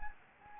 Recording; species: mosquito wingbeat signal from an infrared sensor; Anopheles gambiae